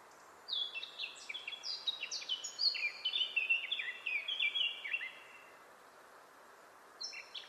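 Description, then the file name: Eurasian blackcap song: a rich, fast warbling phrase of varied whistled notes lasting about four and a half seconds, then a pause and the start of another phrase. "Sylvia atricapilla"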